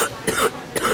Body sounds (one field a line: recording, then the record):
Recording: coughing mixed with background sound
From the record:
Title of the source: 30 Chesty and wet cough